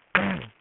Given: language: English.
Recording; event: throat vibration sensor signal played as sound; throat clearing